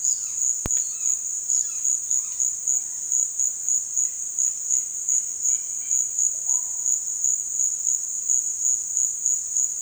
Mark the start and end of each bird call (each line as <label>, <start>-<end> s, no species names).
bird call, 0.00-3.09 s
bird call, 4.13-5.97 s
bird call, 6.25-6.93 s